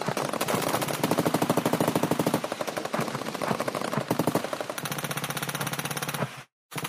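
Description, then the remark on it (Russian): Sustained, rapid automatic gunfire from a battle in a forest, flashing and rumbling behind the trees, rattles on almost without pause, dense bursts of sharp cracks overlapping one another, loud throughout, with a brief sudden drop to silence near the end before firing resumes. “В лесу продолжался бой, за деревьями вспыхивало и грохотало.”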